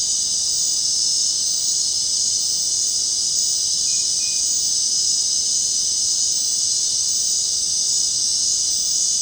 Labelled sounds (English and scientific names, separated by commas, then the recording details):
none
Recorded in dense forest near Puerto Asís, Putumayo, Colombia, on 23 June 2025 at 19:00
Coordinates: 0.499, -76.324
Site G100